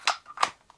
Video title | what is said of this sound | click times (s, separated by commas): Momcozy Breast Pump Review - The Good, The Bad, & The UGLY → from an exclusively pumping mom | just slide it in. And you'll you're going to hear a click. | 0.1 s